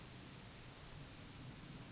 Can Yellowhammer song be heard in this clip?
no